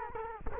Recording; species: mosquito wingbeat signal from an infrared sensor; Culex quinquefasciatus